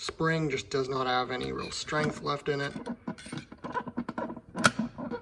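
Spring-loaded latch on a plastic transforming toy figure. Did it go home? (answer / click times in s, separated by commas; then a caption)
yes / 4.7 s. Someone talks while working a spring-loaded plastic latch on a vintage transforming robot toy figure whose spring has little strength left. After a few faint taps, the latch snaps shut with a single sharp click at 4.7 seconds, seating in place despite the weak spring.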